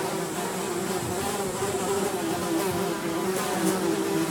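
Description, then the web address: Fly buzzing, a brief, even low drone with slight pitch wobble over a hissy background. "sounds flies"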